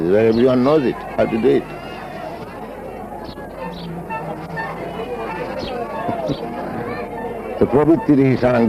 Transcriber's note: laughs